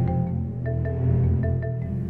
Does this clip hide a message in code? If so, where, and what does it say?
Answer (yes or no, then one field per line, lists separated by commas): no